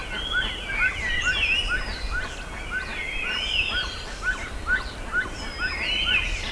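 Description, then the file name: Bird chorus with short whistled notes repeated steadily about twice a second beneath busy overlapping chirps and high slurred whistles. "SABIOD 50 bird 2015"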